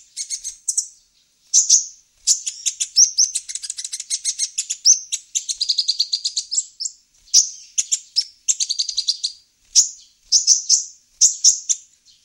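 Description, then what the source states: Van Hasselt's sunbird song: very high, rapid chattering trills and sharp tweets in bursts, some buzzy rattling runs, with short pauses between phrases; no other sounds. Female singing actively (gacor).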